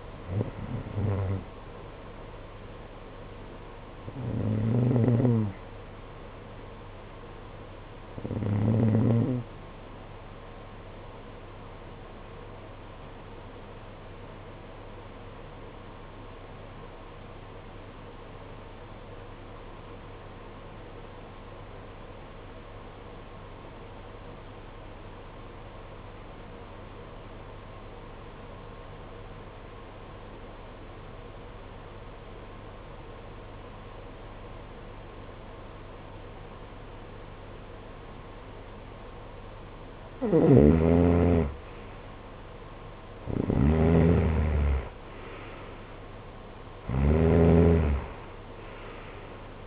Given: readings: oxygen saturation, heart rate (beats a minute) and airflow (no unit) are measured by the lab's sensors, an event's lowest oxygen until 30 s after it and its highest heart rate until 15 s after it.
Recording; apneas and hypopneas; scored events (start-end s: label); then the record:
breathing in sleep by a voice recorder at the bedside; 1
13.00-42.20 s: obstructive apnea (REM, oxygen 96% highest, then 82% lowest, heart rate 53 at the start, 68 highest)
From the record:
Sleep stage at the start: REM sleep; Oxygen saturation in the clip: 80 to 96%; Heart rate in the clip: 53 to 68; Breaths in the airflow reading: 6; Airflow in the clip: -14.9 to 11.6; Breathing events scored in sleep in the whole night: 476 in 9.7 hours asleep